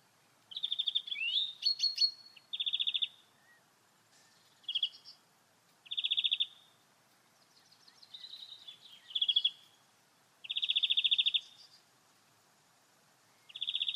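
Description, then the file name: European greenfinch singing short rapid trills near one pitch, repeated with short pauses, mixed with a few rising slurred notes and brief twitters. "Chloris chloris"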